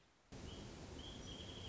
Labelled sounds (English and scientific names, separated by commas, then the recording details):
Wrentit (Chamaea fasciata)
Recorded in Sonoma County, California